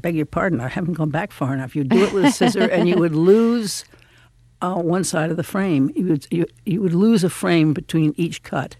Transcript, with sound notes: I beg your pardon. I haven't gone back far enough. (Soundbite of laughter) You do it with a scissor and you would lose one side of the frame. You would lose a frame between each cut